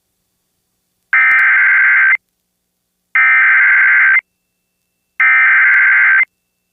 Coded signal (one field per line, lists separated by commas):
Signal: Emergency Alert System (SAME) tones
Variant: header bursts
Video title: [EAS] WNCB - Flash Flood Warning Activation - 8/15/2023